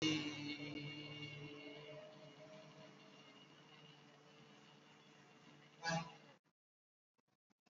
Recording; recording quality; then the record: sustained vowel as in made; moderate, slight background noise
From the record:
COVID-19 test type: RT-PCR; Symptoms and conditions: cold, fever, fatigue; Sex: male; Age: 21 years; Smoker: no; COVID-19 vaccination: both doses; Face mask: worn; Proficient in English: yes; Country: India